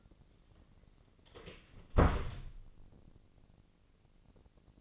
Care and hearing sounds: daily activity, microphone in the room; close door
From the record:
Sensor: 4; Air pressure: 1013.2 hPa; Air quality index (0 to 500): 180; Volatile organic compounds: 2 ppm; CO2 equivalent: 1130 ppm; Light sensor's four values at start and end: 79/197/81/85 and 60/147/61/61

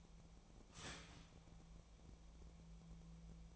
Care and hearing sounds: daily activity, microphone in the room; start toaster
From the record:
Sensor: 1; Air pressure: 1000.3 hPa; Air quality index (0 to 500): 158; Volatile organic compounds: 3 ppm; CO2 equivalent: 1483 ppm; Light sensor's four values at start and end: 23/58/24/28 and 24/59/25/29

